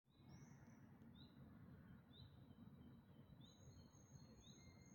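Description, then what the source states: Birds singing: thin, clear whistled notes near the same high pitch, some gliding, scattered throughout over a steady low rumble. Dawn chorus recorded in May 2026.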